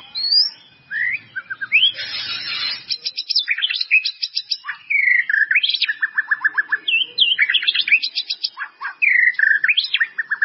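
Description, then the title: White-rumped Shama song, a rich run of varied whistles, quick rattling trills and slurred notes, with a brief harsh noisy burst near the start. "murai batu"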